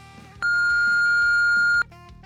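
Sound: answering machine beep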